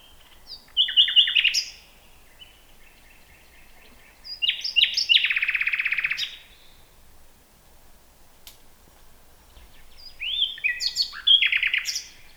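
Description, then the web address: Common nightingale song in three separate bursts of rapid repeated notes, rattles and whistles, with quiet pauses between them. "nachtegaal luscinia megarhynchos"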